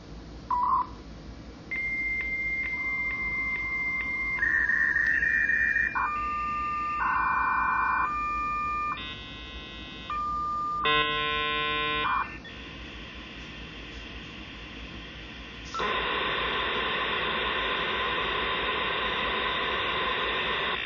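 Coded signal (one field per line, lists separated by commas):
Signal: dial-up modem handshake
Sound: short beeps, a 2.1 kHz answer tone, warbling tone exchanges, then steady loud hiss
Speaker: successfully made a connection.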